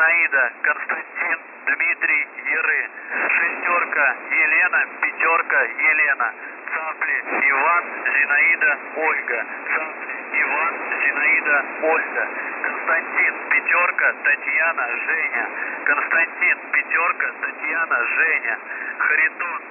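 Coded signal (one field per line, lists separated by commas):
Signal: coded military voice message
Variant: UVB-76, Russian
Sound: russian male voice reading spelling-alphabet names and numbers over narrow radio audio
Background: radio static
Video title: UVB-76 (14th August, 06:35 UTC) - voice message (caught by accident)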